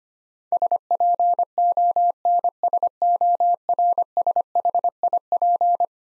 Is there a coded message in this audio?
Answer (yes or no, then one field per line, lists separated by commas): yes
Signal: Morse code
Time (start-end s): 0.5-5.9 s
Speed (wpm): 25 wpm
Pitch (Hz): 700 Hz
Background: none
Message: SPONSORSHIP